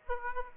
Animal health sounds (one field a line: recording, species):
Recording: mosquito wingbeat signal from an infrared sensor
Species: Aedes aegypti